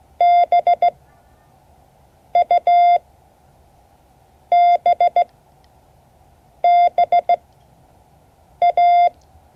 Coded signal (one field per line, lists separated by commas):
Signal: Morse code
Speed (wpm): 16 wpm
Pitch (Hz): 700 Hz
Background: none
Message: B U B B A